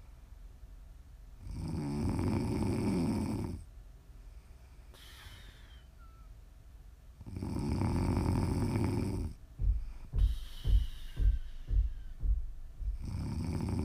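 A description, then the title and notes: Deep, rough snoring comes in long rasping inhalations, one around two to four seconds and another from seven to nine. After ten seconds the breaths turn into a quick series of short, puffing snorts, and a fresh snore begins near the end. Please enjoy some prime ASMR snoring.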